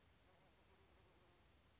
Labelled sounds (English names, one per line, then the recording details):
Anna's Hummingbird
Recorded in Sonoma County, California